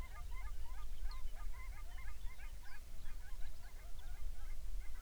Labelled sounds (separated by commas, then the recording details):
songbird, waterfowl
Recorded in the Arctic National Wildlife Refuge, Alaska, on 23 May 2019 at 06:03
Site 49